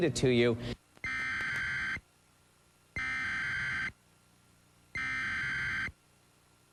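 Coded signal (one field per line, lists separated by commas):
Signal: Emergency Alert System (SAME) tones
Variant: header bursts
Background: speech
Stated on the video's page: Genuine tornado warning aired on a TV station in western Ohio, reuploaded from another uploader.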